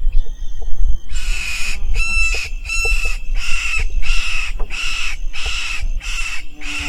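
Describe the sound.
Bird giving loud harsh calls repeated in quick succession over a constant low rumble of background noise.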